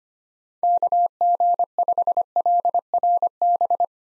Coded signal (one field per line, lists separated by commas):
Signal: Morse code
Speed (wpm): 25 wpm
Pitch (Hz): 700 Hz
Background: none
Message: KG5LRB